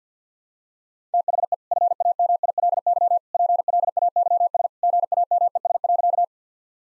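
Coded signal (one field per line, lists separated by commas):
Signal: Morse code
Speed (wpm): 50 wpm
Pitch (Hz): 700 Hz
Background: none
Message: THE FAMILY PLAYS GAMES.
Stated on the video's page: Morse practice of easy sentences with contextual hints at 50 wpm.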